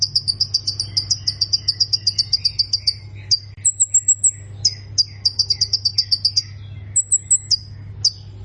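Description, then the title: Plain prinia producing quick repeated high ticking notes in runs, interrupted by short thin whistled phrases, with a faint continuous low hum. "Ciblek Sawah"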